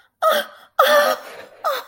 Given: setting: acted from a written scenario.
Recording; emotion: vocal sound without words; elation